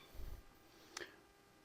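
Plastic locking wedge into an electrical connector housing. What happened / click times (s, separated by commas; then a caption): The connector locking wedge clicked fully home / 1.0 s. A plastic locking wedge is pushed the rest of the way into an electrical connector housing. A low rumble of handling is followed by a sharp, bright click at 0.97 s. The wedge is fully seated.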